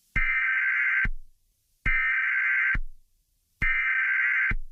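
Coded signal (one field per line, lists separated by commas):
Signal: Emergency Alert System (SAME) tones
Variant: header bursts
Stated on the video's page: Satirical fan-made EAS mock.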